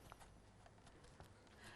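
A craft cutting die or stencil section is pushed back into place in its die frame, metal on metal. It clicks in at 0.1 s with a sharp, short snap, and is seated. Softer handling taps follow over a low background hum.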